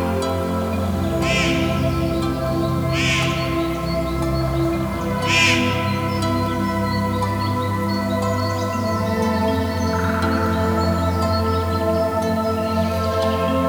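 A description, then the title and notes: Birds squawk in harsh, bright bursts, with three loud calls near 1, 3 and 5 seconds and a fainter one around 10 seconds. Beneath them runs a steady low hum with a constant machine-like drone that never lets up. Squawking Birds in the Spring.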